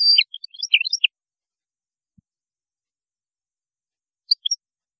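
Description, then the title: European goldfinch giving a second of rapid tinkling twitter, then quiet and a few scattered high notes. "Chant Chardonneret"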